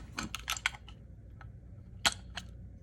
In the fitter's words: press down, clicks